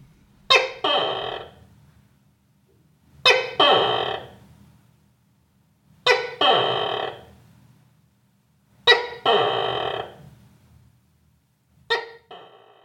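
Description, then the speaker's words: Tokay gecko calling: five harsh, raspy bursts, each with a sharp onset trailing off, about every three seconds. Call is a series of cackles followed by syllables, sounding like 'gecko' or 'tokay', with variation between individuals. "So it sounds like not only the word gecko but also the word tokay."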